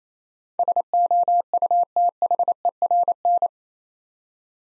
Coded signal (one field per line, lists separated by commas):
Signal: Morse code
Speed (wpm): 29 wpm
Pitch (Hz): 700 Hz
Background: none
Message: SOUTHERN